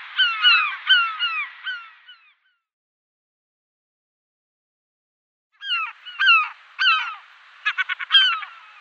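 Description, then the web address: European herring gull uttering quick runs of nasal, falling yelps, then a pause, then another burst of sharp clipped calls. "Schulze Peter European Herring Gull"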